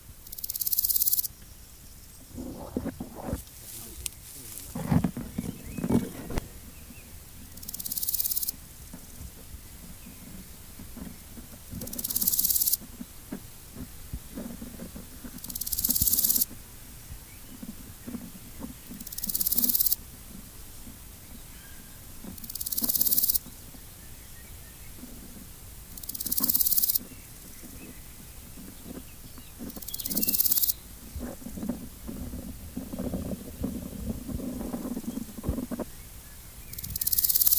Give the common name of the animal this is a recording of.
Large Gold Grasshopper